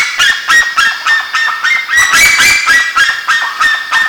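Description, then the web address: Bird calls, loud nasal harmonic notes repeated quickly and evenly, about three or four each second, with a continuous hiss behind. "BIRD 2015 SABIOD 50 bird 2015"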